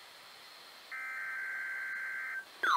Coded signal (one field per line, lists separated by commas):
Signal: Emergency Alert System (SAME) tones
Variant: header bursts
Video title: NOAA Weather Radio Weekly Tests (EAS #1476-1480)